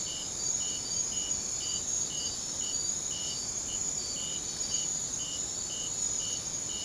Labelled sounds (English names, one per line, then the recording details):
none
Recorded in secondary vegetation near Puerto Asís, Putumayo, Colombia, on 30 June 2025 at 03:00
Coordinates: 0.500, -76.326
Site GP08